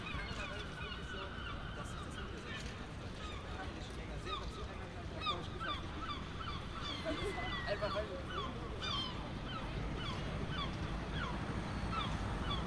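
A dense, steady street atmosphere with low traffic rumble, scattered bright gull cries throughout, and murmuring voices of pedestrians.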